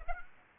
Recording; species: mosquito wingbeat signal from an infrared sensor; Aedes aegypti